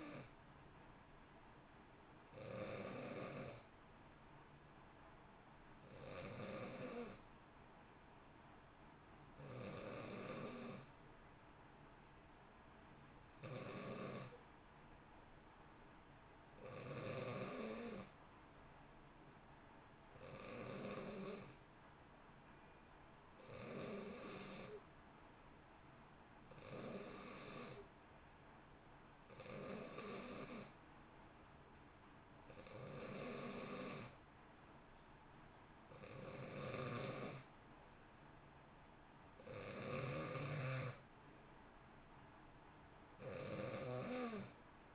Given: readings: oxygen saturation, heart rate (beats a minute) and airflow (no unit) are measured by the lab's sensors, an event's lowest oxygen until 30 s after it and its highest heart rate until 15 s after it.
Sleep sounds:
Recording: breathing in sleep by a voice recorder at the bedside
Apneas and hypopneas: 1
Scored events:
5.00-21.00 s: hypopnea (N2, oxygen 92% highest, then 89% lowest, heart rate 56 at the start, 63 highest)
From the record:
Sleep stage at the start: N2 (light sleep)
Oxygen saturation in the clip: 89 to 92%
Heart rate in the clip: 56 to 64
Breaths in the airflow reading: 14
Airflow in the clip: -1.0 to 1.4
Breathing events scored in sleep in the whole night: 328 in 6.3 hours asleep

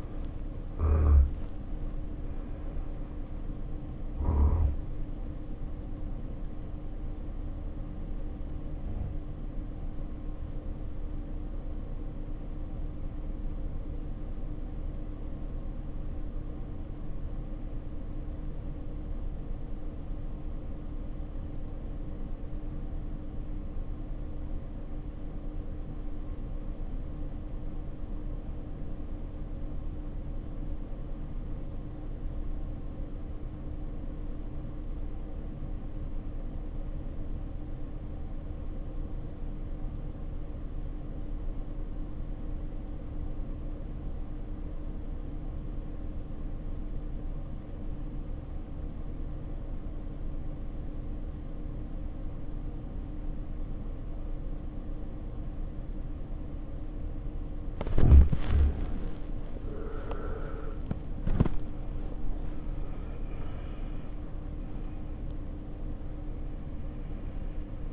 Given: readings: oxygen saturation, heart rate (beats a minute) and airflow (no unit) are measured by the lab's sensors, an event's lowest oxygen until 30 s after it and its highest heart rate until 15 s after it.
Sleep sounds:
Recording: breathing in sleep by a smartphone at the bedside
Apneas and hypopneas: 1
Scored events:
12.00-60.70 s: obstructive apnea (REM, oxygen 93% highest, then 66% lowest, heart rate 65 at the start, 88 highest)
30.00-60.00 s: new sleep stage, N1 (lightest sleep)
60.00-67.93 s: new sleep stage, REM sleep
From the record:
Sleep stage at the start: REM sleep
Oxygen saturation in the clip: 66 to 93%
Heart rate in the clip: 60 to 88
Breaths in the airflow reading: 6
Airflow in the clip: -9.6 to 11.2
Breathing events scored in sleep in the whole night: 520 in 7.2 hours asleep

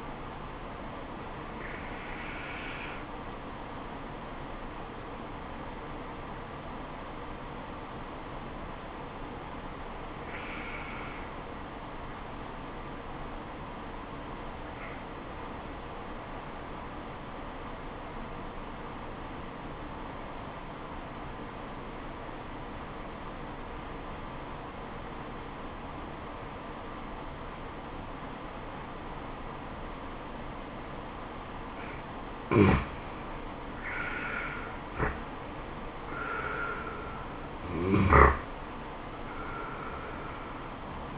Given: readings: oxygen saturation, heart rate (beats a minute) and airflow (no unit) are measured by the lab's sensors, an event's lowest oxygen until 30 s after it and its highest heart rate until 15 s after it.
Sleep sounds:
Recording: breathing in sleep by a voice recorder at the bedside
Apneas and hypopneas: 1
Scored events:
5.00-34.50 s: obstructive apnea (N2, oxygen 96% highest, then 84% lowest, heart rate 62 at the start, 80 highest)
From the record:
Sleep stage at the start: N2 (light sleep)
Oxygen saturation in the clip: 85 to 96%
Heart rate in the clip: 62 to 80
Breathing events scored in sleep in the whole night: 426 in 7.4 hours asleep

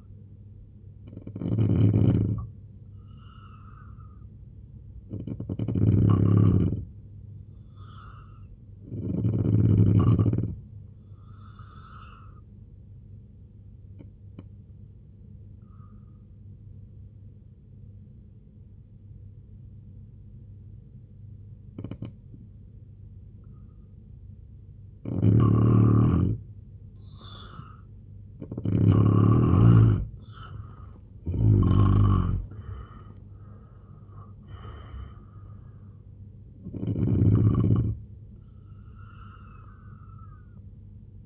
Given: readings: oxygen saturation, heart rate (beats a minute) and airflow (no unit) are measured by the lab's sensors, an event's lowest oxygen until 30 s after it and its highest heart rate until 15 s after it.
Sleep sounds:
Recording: breathing in sleep by a smartphone at the bedside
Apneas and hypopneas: 1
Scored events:
13.00-25.90 s: obstructive apnea (N3, oxygen 89% highest, then 85% lowest, heart rate 75 at the start, 96 highest)
27.00-41.26 s: new sleep stage, N2 (light sleep)
From the record:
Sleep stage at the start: N3 (deep sleep)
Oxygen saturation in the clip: 86 to 90%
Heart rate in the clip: 68 to 96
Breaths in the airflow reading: 8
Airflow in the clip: -11.1 to 9.4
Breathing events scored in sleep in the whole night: 258 in 7.4 hours asleep

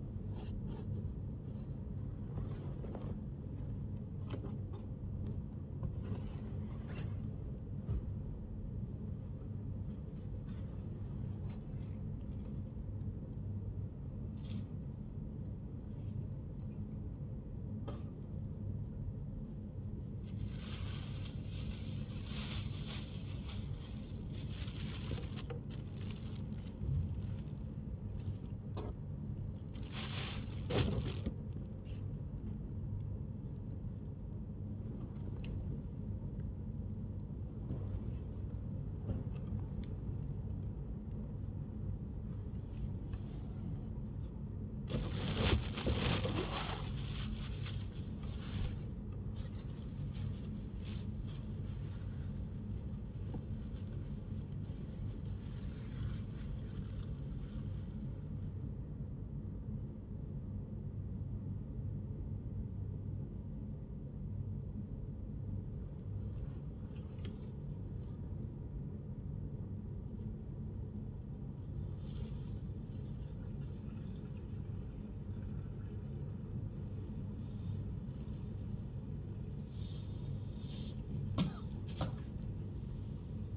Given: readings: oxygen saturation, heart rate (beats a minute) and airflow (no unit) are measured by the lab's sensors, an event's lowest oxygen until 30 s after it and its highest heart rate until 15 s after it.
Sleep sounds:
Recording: a person awake in a sleep study, by a smartphone at the bedside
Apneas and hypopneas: none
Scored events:
0.00-83.57 s: awake
From the record:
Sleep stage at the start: awake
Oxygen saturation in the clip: 95 to 97%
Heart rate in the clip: 47 to 95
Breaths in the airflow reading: 21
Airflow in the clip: -7.8 to 8.5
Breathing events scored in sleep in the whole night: 131 in 7.2 hours asleep

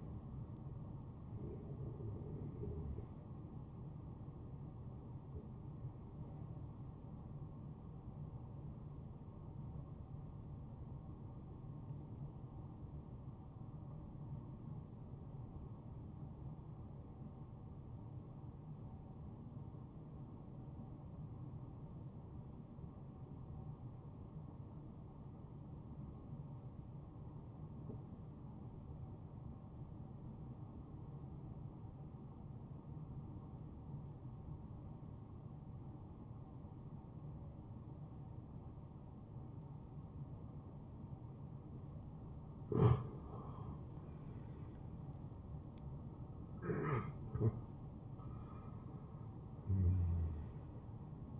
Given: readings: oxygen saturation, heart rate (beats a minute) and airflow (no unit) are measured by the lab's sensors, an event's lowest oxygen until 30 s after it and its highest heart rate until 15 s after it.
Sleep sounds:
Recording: breathing in sleep by a smartphone at the bedside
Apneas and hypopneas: 1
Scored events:
4.00-34.00 s: new sleep stage, N2 (light sleep)
8.00-41.60 s: hypopnea (N2, oxygen 97% highest, then 91% lowest, heart rate 70 at the start, 73 highest)
34.00-51.40 s: new sleep stage, N1 (lightest sleep)
From the record:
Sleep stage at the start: N1 (lightest sleep)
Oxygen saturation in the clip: 84 to 97%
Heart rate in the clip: 49 to 73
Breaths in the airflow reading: 6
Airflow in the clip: -11.4 to 7.7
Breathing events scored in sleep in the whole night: 263 in 5.5 hours asleep

